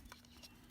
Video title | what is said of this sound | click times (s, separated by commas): Newmowa AZ16-1 Replacement Batteries with USB Charger Xiaomi YI Cams- 2018 #newmowa | see the indentation there snaps in place | 0.1 s